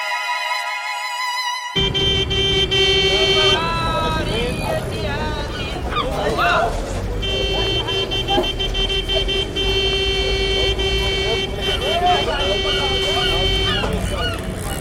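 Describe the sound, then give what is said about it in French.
Car horns honk over a dense rumble of city-centre traffic in Algiers on Tuesday, 24 December 1991, with open shops and crowded sidewalks. One long steady horn blast holds for several seconds among shorter toots and a murmur of voices. “Les boutiques ouvertes, les trottoirs bondés, les coups de klaxon donnent aux rues des centres-villes des airs d'insouciance.”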